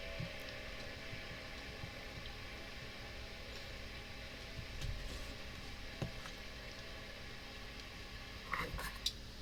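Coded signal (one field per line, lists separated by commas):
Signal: FT8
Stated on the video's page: FT8 in Hound DXpedition mode using WSJT-X v2.6.1.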